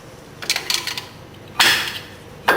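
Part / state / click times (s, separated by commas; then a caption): brake pad retaining spring into a disc brake caliper / seated / 2.5 s. A metal brake pad retaining spring on a Volvo S80 disc brake caliper is pressed back into place. A few light metallic taps and clinks are heard, then a broad scraping rattle. A sharp metallic snap at 2.5 s is the spring popping into its seat.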